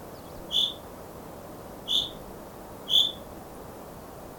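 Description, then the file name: Common chaffinch giving short, high, piercing call notes, several spaced about a second apart. "Fringilla coelebs"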